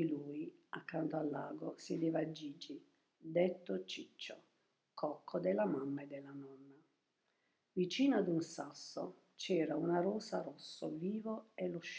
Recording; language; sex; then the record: read passage; Italian; female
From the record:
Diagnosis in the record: healthy control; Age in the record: 72 years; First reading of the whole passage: 67 s, 7.5 characters per second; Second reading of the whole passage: 67 s, 7.5 characters per second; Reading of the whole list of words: 68 s, 4.2 characters per second